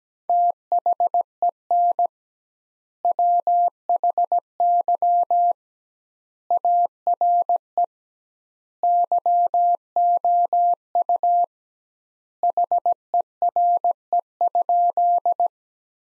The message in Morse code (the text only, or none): THEN WHY ARE YOU HERE?